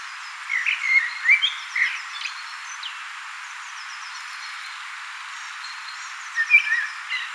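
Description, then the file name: Common blackbird singing a melodious warbled phrase with scratchy high twitters, a quiet gap of several seconds, then the start of another phrase. "Turdus merula"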